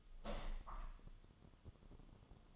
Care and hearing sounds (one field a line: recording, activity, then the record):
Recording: daily activity, microphone in the room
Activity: open window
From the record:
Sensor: 4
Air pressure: 1005.6 hPa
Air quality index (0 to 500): 99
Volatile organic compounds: 2 ppm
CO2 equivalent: 1231 ppm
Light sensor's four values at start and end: 13/29/11/11 and 13/29/11/11